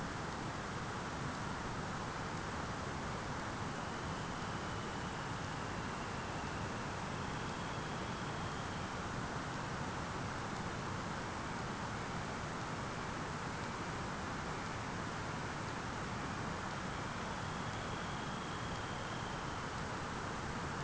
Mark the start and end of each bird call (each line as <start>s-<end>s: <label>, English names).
3.60s-9.18s: Dunlin
10.44s-19.88s: Dunlin